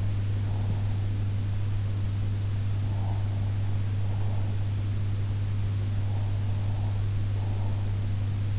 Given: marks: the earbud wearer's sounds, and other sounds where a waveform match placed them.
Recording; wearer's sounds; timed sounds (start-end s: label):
sounds in sleep by an in-ear microphone; breath
0.00-1.14 s: breath
2.82-4.68 s: breath
5.99-7.97 s: breath